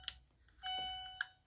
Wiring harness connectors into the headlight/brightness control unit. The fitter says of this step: знаходимо там проводочки під'єднуємо обережно тільки до щелчка і тут до щелчка включаємо